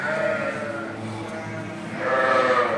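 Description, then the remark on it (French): Several ewes bleat in a flock on a farm with 700 ewes, overlapping wavering cries that swell louder toward the end, with a constant murmur of many animals underneath. “On a 700 brebis.”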